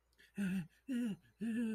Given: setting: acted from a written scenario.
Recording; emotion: vocal sound without words; fear